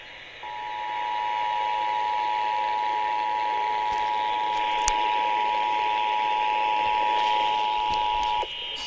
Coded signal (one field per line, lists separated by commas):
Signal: Emergency Alert System (SAME) tones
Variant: 853 and 960 Hz attention tone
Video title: Real EAS #393 (LOST EAS) Child Abduction Emergency FAIL